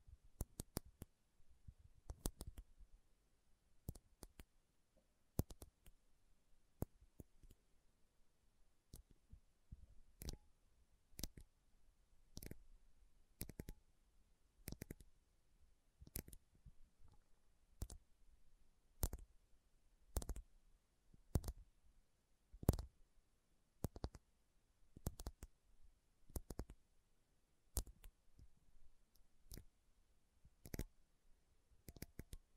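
Slow tapping on metal, each tap a sharp, bright click standing alone against near silence. The taps come roughly once or twice a second at an uneven pace, with a quick flurry in the first few seconds, and continue steadily to the end.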